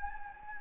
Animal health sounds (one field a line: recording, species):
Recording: mosquito wingbeat signal from an infrared sensor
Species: Anopheles gambiae